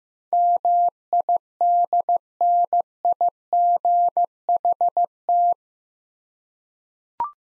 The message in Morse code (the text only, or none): MIDNIGHT